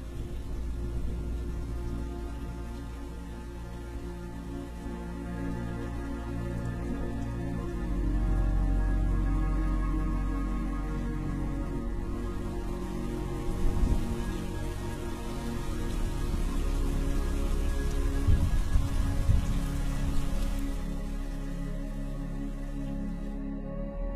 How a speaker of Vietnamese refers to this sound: Tiếng sét xé lòng một lần nữa lại vang lên